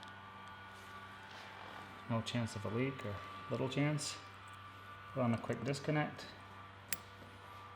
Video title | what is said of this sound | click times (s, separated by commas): Brake Fluid Flush - 2007 V8 Vantage (but similar for most cars) | Nice click there. | 6.9 s